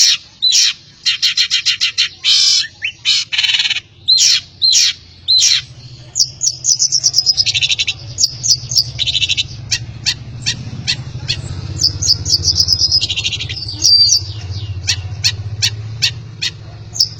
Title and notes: cendet. Bermacam macam suara kicauan burung Masteran